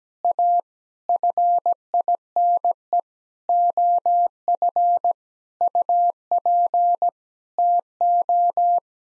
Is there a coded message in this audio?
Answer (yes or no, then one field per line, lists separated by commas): yes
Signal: Morse code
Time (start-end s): 0.2-8.8 s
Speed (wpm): 17 wpm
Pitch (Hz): 700 Hz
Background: none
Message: A FINE OF UP TO